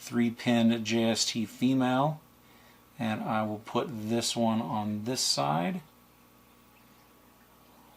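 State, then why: Not seated. Someone talks while lining up a crimped wire pin with a 3-pin JST female housing, turning it the right way before pushing it carefully in. The talking comes in two bursts with quiet pauses between. Nothing has seated or clicked yet.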